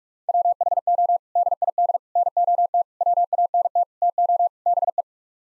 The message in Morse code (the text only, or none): WHO DID NOT WANT TO BE